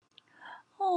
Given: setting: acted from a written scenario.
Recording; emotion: vocal sound without words; sympathy